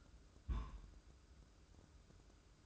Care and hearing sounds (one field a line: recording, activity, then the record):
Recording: daily activity, microphone in the room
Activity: place on stove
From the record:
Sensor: 2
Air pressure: 995.3 hPa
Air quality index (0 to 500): 77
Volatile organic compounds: 3 ppm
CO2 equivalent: 1370 ppm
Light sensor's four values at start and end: 22/73/28/27 and 22/73/28/27